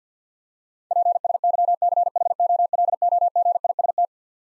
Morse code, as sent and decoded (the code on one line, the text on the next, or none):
.--. ... -.-- -.-. .... --- .-.. --- --. .. ... -
PSYCHOLOGIST